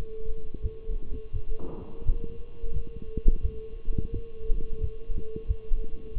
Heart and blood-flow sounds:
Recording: heart sounds by stethoscope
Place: between the tricuspid and mitral areas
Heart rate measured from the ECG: 87 bpm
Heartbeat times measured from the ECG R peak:
0.62 s: heartbeat
1.32 s: heartbeat
2.05 s: heartbeat
2.73 s: heartbeat
3.42 s: heartbeat
4.11 s: heartbeat
4.80 s: heartbeat
5.47 s: heartbeat
6.14 s: heartbeat
From the record:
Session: walking at 3.7 km/h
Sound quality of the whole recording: partially saturated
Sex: male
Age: 24 years

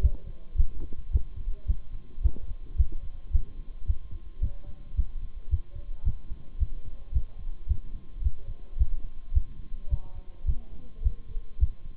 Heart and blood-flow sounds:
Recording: heart sounds by stethoscope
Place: between the tricuspid and mitral areas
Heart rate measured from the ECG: 109 bpm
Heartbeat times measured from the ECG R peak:
0.02 s: heartbeat
0.57 s: heartbeat
1.12 s: heartbeat
1.67 s: heartbeat
2.23 s: heartbeat
2.77 s: heartbeat
3.32 s: heartbeat
3.87 s: heartbeat
4.41 s: heartbeat
4.97 s: heartbeat
5.51 s: heartbeat
6.05 s: heartbeat
6.59 s: heartbeat
7.14 s: heartbeat
7.68 s: heartbeat
8.24 s: heartbeat
8.79 s: heartbeat
9.34 s: heartbeat
9.90 s: heartbeat
10.47 s: heartbeat
11.04 s: heartbeat
11.60 s: heartbeat
From the record:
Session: Bruce protocol treadmill stress test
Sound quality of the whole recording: partially saturated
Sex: male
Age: 23 years

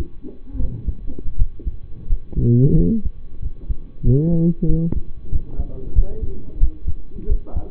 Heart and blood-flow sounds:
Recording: heart sounds by stethoscope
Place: between the tricuspid and mitral areas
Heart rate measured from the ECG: 90 bpm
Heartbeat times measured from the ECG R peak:
0.56 s: heartbeat
1.36 s: heartbeat
2.06 s: heartbeat
2.74 s: heartbeat
3.39 s: heartbeat
4.02 s: heartbeat
4.66 s: heartbeat
5.30 s: heartbeat
5.93 s: heartbeat
6.58 s: heartbeat
7.27 s: heartbeat
From the record:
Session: rest, lying down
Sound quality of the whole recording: partially saturated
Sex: male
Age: 25 years

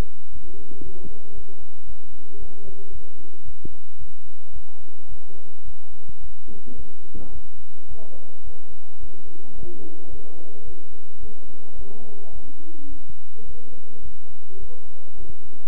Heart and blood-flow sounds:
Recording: heart sounds by stethoscope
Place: between the tricuspid and mitral areas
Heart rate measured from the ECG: 109 bpm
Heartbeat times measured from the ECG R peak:
0.32 s: heartbeat
0.83 s: heartbeat
1.35 s: heartbeat
1.87 s: heartbeat
2.39 s: heartbeat
2.92 s: heartbeat
3.45 s: heartbeat
3.99 s: heartbeat
4.53 s: heartbeat
5.09 s: heartbeat
5.65 s: heartbeat
6.21 s: heartbeat
6.76 s: heartbeat
7.32 s: heartbeat
7.88 s: heartbeat
8.44 s: heartbeat
9.00 s: heartbeat
9.55 s: heartbeat
10.10 s: heartbeat
10.65 s: heartbeat
11.20 s: heartbeat
11.76 s: heartbeat
12.32 s: heartbeat
12.89 s: heartbeat
13.46 s: heartbeat
14.02 s: heartbeat
14.60 s: heartbeat
15.17 s: heartbeat
From the record:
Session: bicycle stress test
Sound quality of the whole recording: good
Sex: male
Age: 23 years

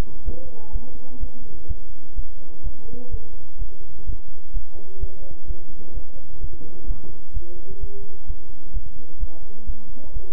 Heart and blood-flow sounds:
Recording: heart sounds by stethoscope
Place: between the tricuspid and mitral areas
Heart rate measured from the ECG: 128 bpm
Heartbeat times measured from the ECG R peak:
0.24 s: heartbeat
0.71 s: heartbeat
1.19 s: heartbeat
1.66 s: heartbeat
2.14 s: heartbeat
2.62 s: heartbeat
3.09 s: heartbeat
3.57 s: heartbeat
4.04 s: heartbeat
4.52 s: heartbeat
4.99 s: heartbeat
5.46 s: heartbeat
5.92 s: heartbeat
6.39 s: heartbeat
6.86 s: heartbeat
7.32 s: heartbeat
7.79 s: heartbeat
8.25 s: heartbeat
8.72 s: heartbeat
9.18 s: heartbeat
9.65 s: heartbeat
10.12 s: heartbeat
From the record:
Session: bicycle stress test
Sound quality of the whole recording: good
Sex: male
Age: 26 years

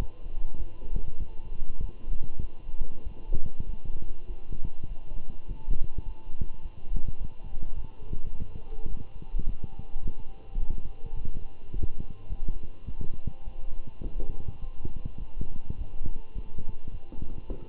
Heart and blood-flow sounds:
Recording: heart sounds by stethoscope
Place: between the tricuspid and mitral areas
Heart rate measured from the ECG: 103 bpm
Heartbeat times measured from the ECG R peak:
0.58 s: heartbeat
1.19 s: heartbeat
1.81 s: heartbeat
2.42 s: heartbeat
3.04 s: heartbeat
3.66 s: heartbeat
4.36 s: heartbeat
4.88 s: heartbeat
5.48 s: heartbeat
6.05 s: heartbeat
6.62 s: heartbeat
7.19 s: heartbeat
7.76 s: heartbeat
8.32 s: heartbeat
8.89 s: heartbeat
9.46 s: heartbeat
10.02 s: heartbeat
10.59 s: heartbeat
11.16 s: heartbeat
11.72 s: heartbeat
12.29 s: heartbeat
12.86 s: heartbeat
13.44 s: heartbeat
14.03 s: heartbeat
14.61 s: heartbeat
15.19 s: heartbeat
15.77 s: heartbeat
16.34 s: heartbeat
16.91 s: heartbeat
17.48 s: heartbeat
From the record:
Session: walking at 3.7 km/h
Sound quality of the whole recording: good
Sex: male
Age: 24 years

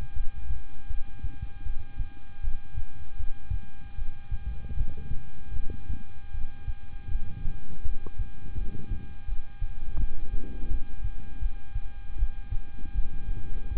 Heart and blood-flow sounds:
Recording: heart sounds by stethoscope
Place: between the tricuspid and mitral areas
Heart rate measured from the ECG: 80 bpm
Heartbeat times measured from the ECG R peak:
0.13 s: heartbeat
0.87 s: heartbeat
1.63 s: heartbeat
2.41 s: heartbeat
3.17 s: heartbeat
3.95 s: heartbeat
4.74 s: heartbeat
5.53 s: heartbeat
6.31 s: heartbeat
7.08 s: heartbeat
7.82 s: heartbeat
8.54 s: heartbeat
9.25 s: heartbeat
9.97 s: heartbeat
10.68 s: heartbeat
11.39 s: heartbeat
12.16 s: heartbeat
12.92 s: heartbeat
13.69 s: heartbeat
From the record:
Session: rest, lying down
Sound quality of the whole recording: good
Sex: male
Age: 26 years

